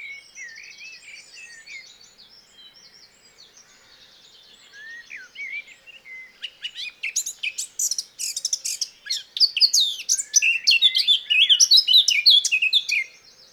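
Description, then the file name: Eurasian blackcap song: several seconds of soft, subdued warbling, then a long, loud outpouring of rapid, varied whistles and trills that ends abruptly. "Sylvia atricapilla"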